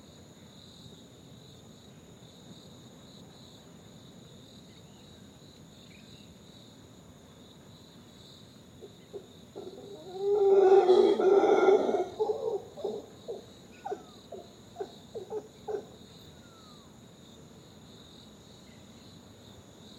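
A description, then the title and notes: Crickets chirp in a constant, high steady drone throughout the forest, with a soft low rustle beneath. Around ten seconds a loud burst of calling rises and then breaks into a series of short separate calls that taper off by about sixteen seconds. Reserva Conchal: howlers at dawn. The crickets are chirping, creating a constant melody in the forest, birds are calling and moving around the trees and a gentle breeze hits the leaves. Recorded by Diego Espeleta.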